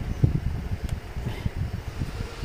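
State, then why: Not seated. During a radiator fan replacement on a Honda City, a harness retaining clip, moved to the other side of the fan assembly, is handled and pushed toward the radiator fan shroud amid low rumbling handling noise and a brief sharp tick around 0.9 s. Nothing has seated or clicked into the shroud yet.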